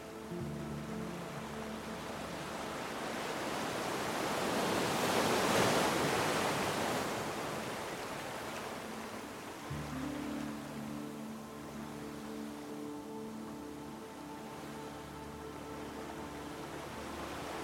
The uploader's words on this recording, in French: VAGUES Apaisantes et MELODIE Sereine. Le murmure des vagues et les harmonies douces se mêlent. Vagues apaisantes de l'océan.